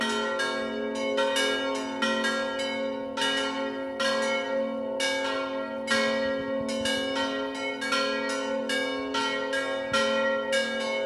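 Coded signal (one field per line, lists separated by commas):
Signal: bell signal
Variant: distesa swinging ringing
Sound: several church bells swinging and ringing continuously in an irregular overlapping peal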